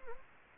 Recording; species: mosquito wingbeat signal from an infrared sensor; Anopheles gambiae